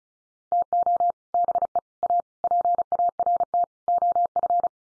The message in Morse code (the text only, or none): TO BE A PART OF